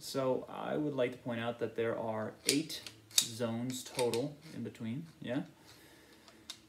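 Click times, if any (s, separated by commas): 6.5 s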